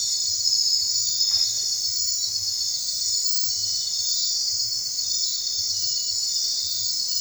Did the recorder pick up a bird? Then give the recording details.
no. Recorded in secondary vegetation near Puerto Asís, Putumayo, Colombia, on 29 June 2025 at 00:00. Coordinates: 0.499, -76.323. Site G077